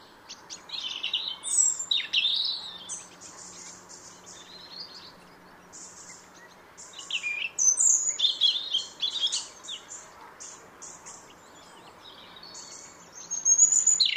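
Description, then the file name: European robin produces high twittering and sharp chirping notes in irregular bursts, some very high and thin, with a faint low hum and hiss. "Erithacus rubecula"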